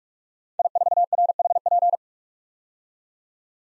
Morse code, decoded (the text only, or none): I4RHP